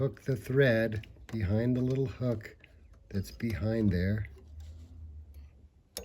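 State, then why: Seated. On an Elna L5 serger, the thread is hooked behind the small hook of the lower looper threading slider, and the slider is pushed until it clicks into place. Someone talks through the first four seconds, followed by quiet handling noise, then a sharp click at 6.0 s as the slider seats.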